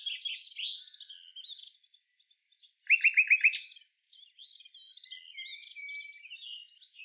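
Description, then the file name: Common nightingale song: varied chirping phrases, a long thin whistle, then a loud burst of rapid, evenly spaced down-slurred notes near three seconds, followed by softer warbling. "Luscinia megarhynchos"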